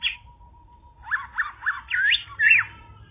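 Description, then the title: Bird chirps: a short burst, then a run of quick rising and falling chirps over a steady humming tone. "kikicau"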